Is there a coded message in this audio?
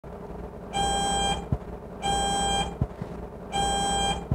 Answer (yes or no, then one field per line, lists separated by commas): no